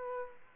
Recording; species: mosquito wingbeat signal from an infrared sensor; Aedes aegypti